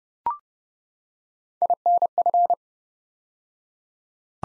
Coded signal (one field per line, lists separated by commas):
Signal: Morse code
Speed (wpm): 28 wpm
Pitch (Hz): 700 Hz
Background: none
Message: INF